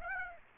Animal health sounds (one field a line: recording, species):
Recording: mosquito wingbeat signal from an infrared sensor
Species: Aedes aegypti